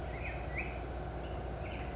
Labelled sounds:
Black-headed Grosbeak
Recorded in Sonoma County, California

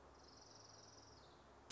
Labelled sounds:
Orange-crowned Warbler
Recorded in Sonoma County, California

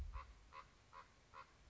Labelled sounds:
Common Raven
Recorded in Sonoma County, California

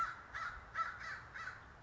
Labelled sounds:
American Crow
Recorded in Sonoma County, California

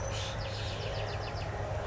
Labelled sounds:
Bewick's Wren
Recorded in Sonoma County, California

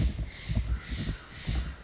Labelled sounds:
Steller's Jay
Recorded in Sonoma County, California

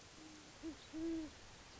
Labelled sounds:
Great Horned Owl
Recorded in Sonoma County, California

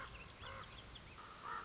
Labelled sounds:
Common Raven
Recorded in Sonoma County, California

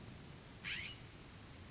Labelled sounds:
California Scrub-Jay
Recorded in Sonoma County, California

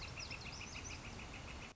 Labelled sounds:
Northern Flicker
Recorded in Sonoma County, California

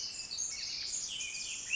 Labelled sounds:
Pacific Wren
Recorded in Sonoma County, California

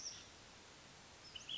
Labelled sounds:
Ash-throated Flycatcher
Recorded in Sonoma County, California

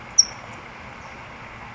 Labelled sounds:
California Towhee
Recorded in Sonoma County, California

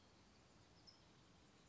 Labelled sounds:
California Towhee
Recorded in Sonoma County, California

